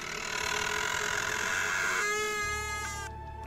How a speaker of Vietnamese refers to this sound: Bà già từ từ lấy khóa tra vào cửa, lách cách. Tiếng mở khóa bắt đầu vang lên. Bà già run rẩy mở cánh cửa. Âm thanh ghê rợn rít vào tai.